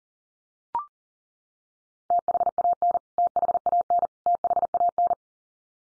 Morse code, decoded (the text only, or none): THAN THAN THAN